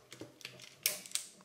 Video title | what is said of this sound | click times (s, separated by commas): Review FR - Masterpiece - 4thParty MP44 KO V4 | voilà donc clac clac clac on a la cabine qui se clipse | 0.5 s, 0.9 s, 1.2 s